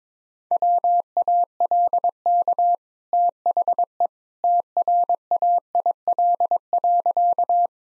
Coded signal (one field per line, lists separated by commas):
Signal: Morse code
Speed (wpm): 21 wpm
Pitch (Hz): 700 Hz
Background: none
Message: WALK THE TRAIL.